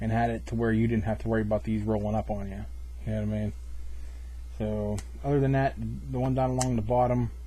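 Someone talks while handling the rubber port flap along the bottom of an OtterBox Commuter protective case on a Droid Bionic phone, getting it ready to press back into its opening in the case. Only speech is heard; the flap has not snapped in or seated yet when the clip ends.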